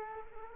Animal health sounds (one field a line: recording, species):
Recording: mosquito wingbeat signal from an infrared sensor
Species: Culex quinquefasciatus